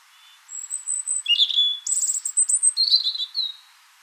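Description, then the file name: European robin song: thin, high whistled notes and rapid trills that jump abruptly between pitches, forming a varied three-second phrase over a quiet background. "Erithacus rubecula"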